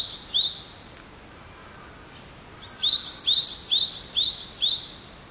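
Great tit giving a brief burst of bright two-part notes, a quiet gap, then a run of several rhythmic, repeated high two-part phrases.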